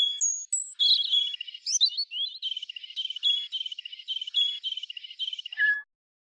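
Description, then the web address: European robin song: a few thin, very high whistled notes, then a quick warbled flourish and a long run of rapid, repeated sweet chirps, closing on one lower note. "musique rouge gorge"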